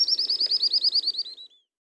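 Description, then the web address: Gray elaenia giving a quick series of about a dozen high, wavering notes that descend slightly and fade out at the end. Recorded in South America. "Natures Songs S America Gray Elaenia (Myiopagis caniceps)"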